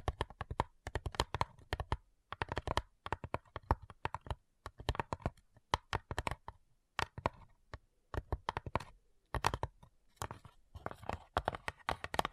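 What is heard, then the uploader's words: Quick, crisp tapping clatters along in dense bursts, like fingers drumming on a hard surface or keys. The taps come in irregular clusters with brief pauses, each one sharp and bright. A few softer, quieter stretches appear around the middle. ASMR Addictive Tapping. (No Talking).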